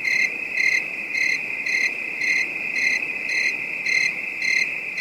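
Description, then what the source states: Crickets chirping at night: a steady high trill with brighter pulsed chirps about twice a second, over a soft hiss of background noise. Calm, distant night bed of high-pitched crickets.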